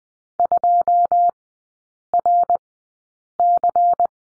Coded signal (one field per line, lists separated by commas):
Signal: Morse code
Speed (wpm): 20 wpm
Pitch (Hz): 700 Hz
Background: none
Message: 2RC